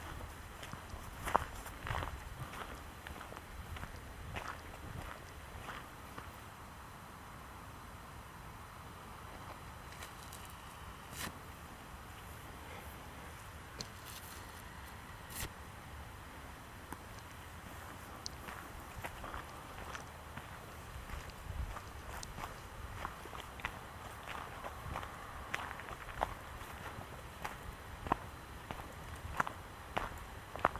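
Outdoors in a forest, a steady low rumble of wind or traffic fills the background throughout. Frequent short crunches and clicks, likely footsteps on leaves and twigs, come irregularly, with a few sharper snaps near 11 and 15 seconds.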